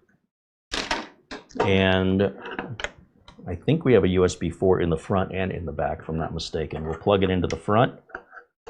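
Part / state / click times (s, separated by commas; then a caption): USB-C cable plug into computer front USB port / not seated / none. Someone talks while handling a USB4 Type-C cable from a Silverstone MS12-40G NVMe external USB4 enclosure, about to plug it into a front USB4 port on the computer, with a few soft handling knocks around 1.3 s and 2.8 s. Nothing has seated or clicked yet; the clip ends just before the plug goes home.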